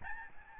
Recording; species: mosquito wingbeat signal from an infrared sensor; Aedes albopictus